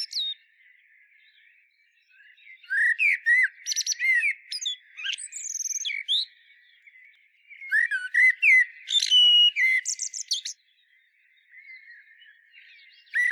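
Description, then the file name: Common blackbird song with two main bouts of rich, low warbling notes, each trailing into thin, high, rapid squeaky notes, then a softer pause. "Turdus merula"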